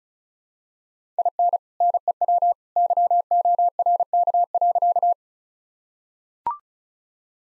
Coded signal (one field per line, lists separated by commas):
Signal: Morse code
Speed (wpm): 36 wpm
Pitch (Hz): 700 Hz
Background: none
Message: IN NEW YORK.